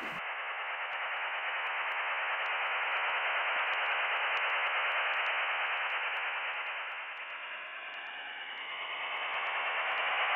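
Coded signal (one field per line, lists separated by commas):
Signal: HF data modem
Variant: 8-PSK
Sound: steady dense hiss filling the voice band, unchanging throughout, like rushing static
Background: radio static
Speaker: Recognition of the parameter starts and decoding follows.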